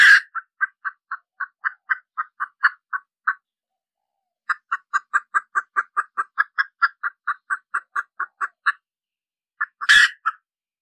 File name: Tieng ga mai rung cuc tac de